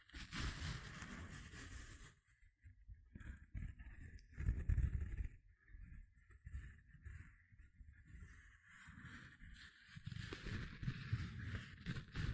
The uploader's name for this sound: Tingly Gentle Scratching Sounds